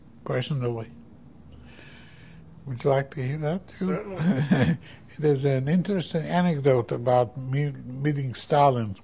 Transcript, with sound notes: personally. Would you like to hear that? ( he laughs )
Certainly.
There is an interesting anecdote about meeting Stalin.